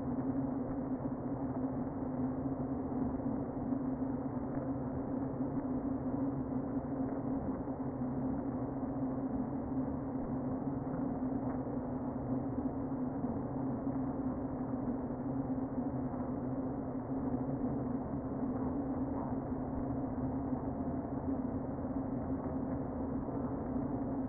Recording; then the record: honeybee colony, microphone inside the hive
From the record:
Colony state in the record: queen present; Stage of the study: before two queens were removed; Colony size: about 60,000 bees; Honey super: yes